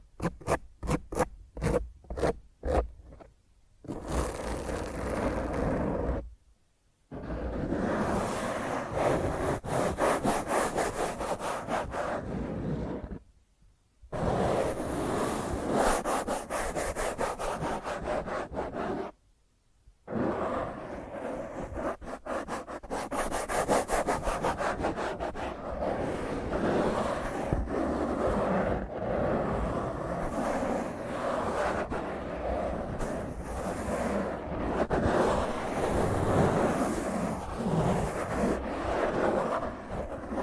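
Fingernails scratch roughly across a microphone, starting with a run of quick separate scrapes in the first few seconds, then turning into dense continuous rasping. Near-silent gaps break the scratching around 6, 13 and 19 seconds, and the last stretch runs on harsh and unbroken.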